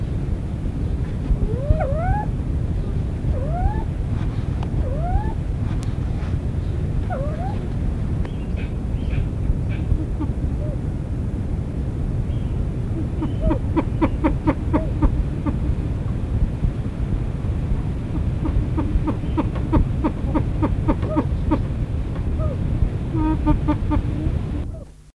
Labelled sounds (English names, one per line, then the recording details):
Mikado Pheasant call
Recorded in captivity
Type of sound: call
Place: Kalletal/Rinteln, Niedersachsen, DE
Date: 1977-09-06
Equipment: Halbspur, 9,5 cm/s
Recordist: Lütgens, Hans
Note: Rufe